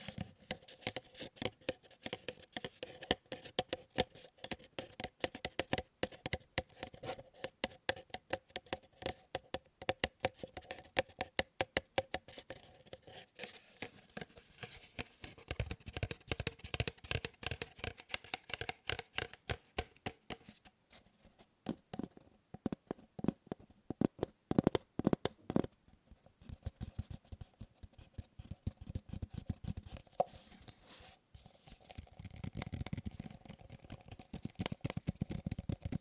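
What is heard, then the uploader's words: Tapping on a series of objects, shifting between fast, dense runs of sharp taps and slower, spaced ones. The taps are crisp and bright, with a steady faint tone underneath, and from about 15 seconds some objects give a deeper, fuller knock. ASMR Fast & Slow Tapping on 6 Objects No Talking.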